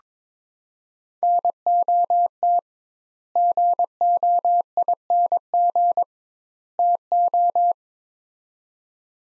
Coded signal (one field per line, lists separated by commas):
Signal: Morse code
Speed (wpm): 21 wpm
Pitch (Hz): 700 Hz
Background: none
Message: NOT GOING TO